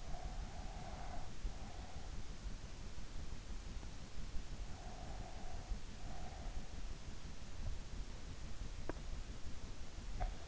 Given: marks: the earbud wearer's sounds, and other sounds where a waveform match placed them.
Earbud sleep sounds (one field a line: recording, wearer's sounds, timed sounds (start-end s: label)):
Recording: sounds in sleep by an in-ear microphone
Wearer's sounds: breath, teeth grinding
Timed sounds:
0.00-2.18 s: breath
4.63-6.78 s: breath
8.80-10.48 s: teeth grinding